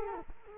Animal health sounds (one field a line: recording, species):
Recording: mosquito wingbeat signal from an infrared sensor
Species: Culex quinquefasciatus